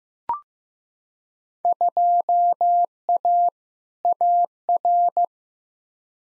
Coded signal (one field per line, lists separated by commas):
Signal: Morse code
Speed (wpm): 15 wpm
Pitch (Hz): 700 Hz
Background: none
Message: 2A AR